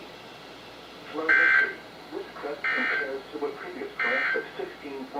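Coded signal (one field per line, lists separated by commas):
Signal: Emergency Alert System (SAME) tones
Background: speech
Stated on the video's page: NOAA Weather Radio flood warnings from the Sterling, VA office on 162.550, 162.475 and 162.450 MHz, received on RadioShack, Sangean, Midland, Maxon and Reecom weather radios.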